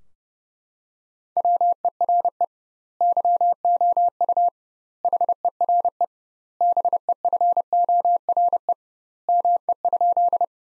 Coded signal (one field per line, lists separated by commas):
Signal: Morse code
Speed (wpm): 30 wpm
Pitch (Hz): 700 Hz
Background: none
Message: WERE YOU HERE BEFORE ME?